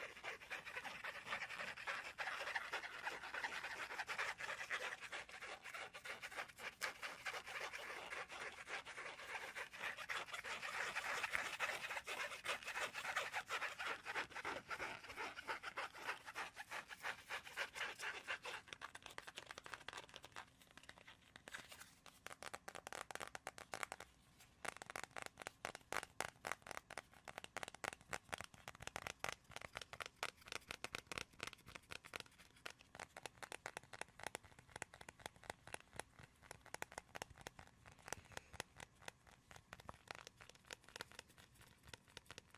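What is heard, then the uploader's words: Scratching and tapping throughout, dense and steady for the first twenty seconds, with a bright, rasping scrape swelling around ten to fifteen seconds. After about twenty seconds it thins into separate quick taps and ticks, irregular but frequent, with short gaps between them. ASMR progressive soft to hard triggers // tapping and scratching // fast and aggressive.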